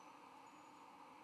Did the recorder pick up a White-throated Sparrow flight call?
no